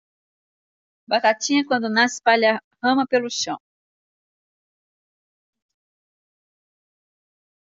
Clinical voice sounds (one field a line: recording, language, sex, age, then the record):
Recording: short text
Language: Brazilian Portuguese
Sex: female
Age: 40 to 49 years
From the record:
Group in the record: control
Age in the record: 46 years